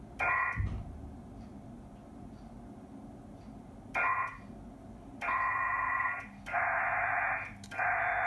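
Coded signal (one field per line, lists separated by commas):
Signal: HF data modem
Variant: PACTOR III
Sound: bursts of dense rushing warble, switching on and off abruptly, about four bursts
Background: radio static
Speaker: la fois mon message et la requête météo mes messages sont en train d'être un moyen si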